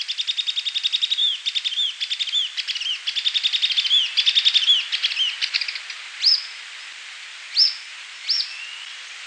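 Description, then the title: Grey elaenia calls: rapid repeated high notes for about six seconds, then three separate rising, slurred notes. "LuckyPassaro Completos2Sama. Grey Elaenia (Myiopagis caniceps)"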